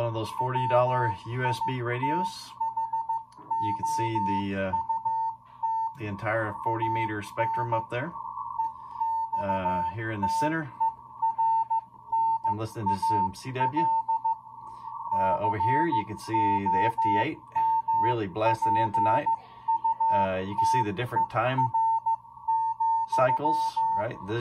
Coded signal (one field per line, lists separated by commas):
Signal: Morse code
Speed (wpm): 15 wpm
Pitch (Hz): 900 Hz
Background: speech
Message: WITHOUT AN EXTERNAL COMPUTER,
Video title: RTL-SDR (software defined radio) demo